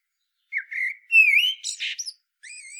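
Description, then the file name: Common blackbird song: mellow flute-like warbling that climbs into a squeaky, rasping twitter, followed by a thin high whistled note. "Turdus merula"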